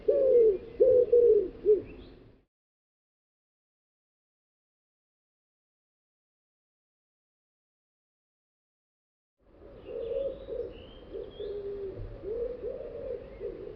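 Bird gives a few cooing notes, then a long silence, then more soft hollow coos with thin high chirps from another bird.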